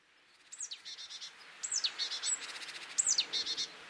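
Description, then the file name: Great tit calling three times: a high downward-sliding note, then a rapid series of harsh, buzzy chatter notes that keeps going between the calls. "Parus major"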